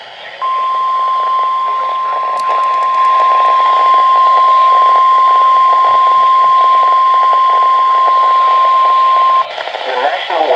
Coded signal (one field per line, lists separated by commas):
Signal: Emergency Alert System (SAME) tones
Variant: 1050 Hz attention tone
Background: speech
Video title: NOAA Radio (EAS # 543-555) Alerts From 12/31/18